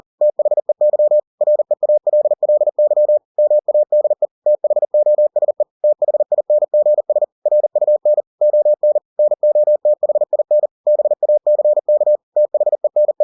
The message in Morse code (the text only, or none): THEY REALLY MADE THOSE THINGS RUN ON NOTHIN BACK THENE